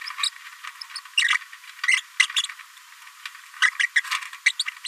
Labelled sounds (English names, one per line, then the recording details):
Green-rumped Parrotlet babbling
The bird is a female
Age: 29 days
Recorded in a nest box in Venezuela
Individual 17B73B2